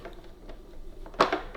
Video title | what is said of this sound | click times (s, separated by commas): How to Clean both filters on Amazon Basic Vacuum Cleaner | and then it just clicks in like so and that's it that's how to clean the filters | 1.2 s